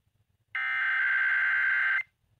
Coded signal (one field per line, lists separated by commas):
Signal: Emergency Alert System (SAME) tones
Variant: header bursts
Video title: EAS 5650-5656 KDKA Tests from 3/04/24